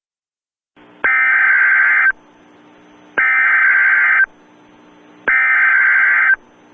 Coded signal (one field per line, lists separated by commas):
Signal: Emergency Alert System (SAME) tones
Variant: header bursts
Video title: EAS Scenario - The Hypercell